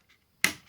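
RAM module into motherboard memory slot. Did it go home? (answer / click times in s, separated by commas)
yes / 0.4 s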